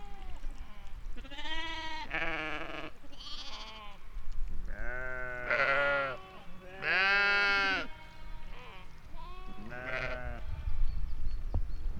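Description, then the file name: Sheep bleating, a series of quavering bleats of varied pitch and length throughout, over low background rumble. Sheep at Val d'Ajol. "moutons val dajol"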